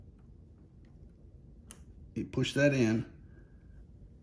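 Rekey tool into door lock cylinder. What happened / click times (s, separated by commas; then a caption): A small metal tool clicked into place in the lock / 1.7 s. A metal SmartKey rekey tool is pushed into the small hole on the face of a Kwikset SmartKey door lock cylinder. It gives a single sharp click at 1.7 s as it seats, and someone then talks briefly.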